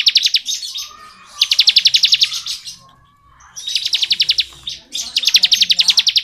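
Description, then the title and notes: Bar-winged prinia: four rapid, metallic trilled bursts of evenly spaced clicks, with a quiet lull between the second and third. Bar-winged prinia in the "ngebren" song style, used as training audio for oriental magpie-robins. "Ciblek Ngebren Untuk Masteran Murai Batu. Suara burung ciblek - Suara Nada"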